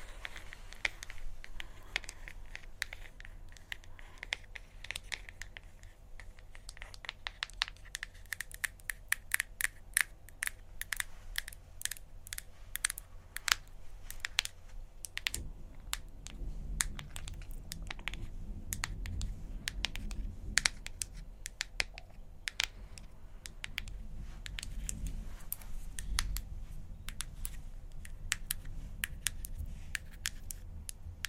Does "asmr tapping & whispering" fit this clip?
yes